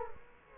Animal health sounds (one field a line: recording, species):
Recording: mosquito wingbeat signal from an infrared sensor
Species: Culex quinquefasciatus